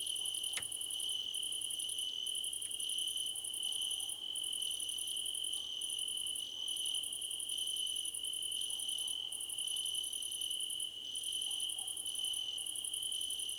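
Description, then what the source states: Crickets in full chorus, a continuous high trill and rapid higher chirp bursts with brief gaps, plus a faint click near the start. Crickets in a choir competition.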